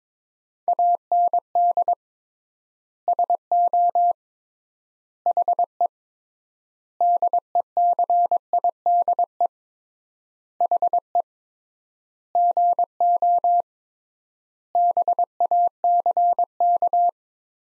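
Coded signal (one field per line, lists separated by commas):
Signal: Morse code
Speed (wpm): 22 wpm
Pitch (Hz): 700 Hz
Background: none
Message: AND SO HE DECIDE HE GO BACK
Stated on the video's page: Morse sentences from the top 500 words at 22 wpm with 3x word spacing, a Farnsworth-like copying drill.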